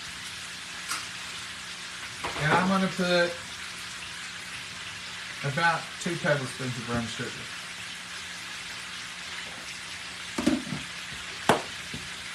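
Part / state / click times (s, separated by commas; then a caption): lid on a brown sugar container / seated / 11.5 s. Someone measures out brown sugar while cooking and talks over a steady sizzling hiss, then snaps the lid of the brown sugar container shut. A sharp click at 11.5 s marks the lid closing, confirming the container is closed.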